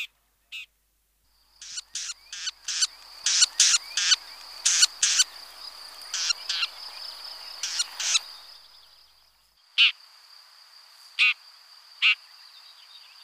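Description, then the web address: Shrike calling in a fast, uneven series of rasping notes over a steady thin high whine, then three more spaced harsh notes. "Pie grieche"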